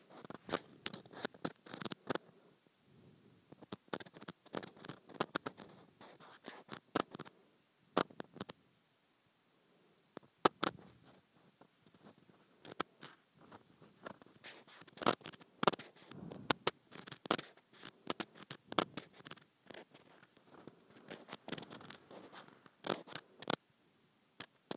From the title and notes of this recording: ASMR Scratching a Textured Plastic.